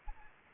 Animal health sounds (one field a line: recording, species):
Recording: mosquito wingbeat signal from an infrared sensor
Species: Anopheles gambiae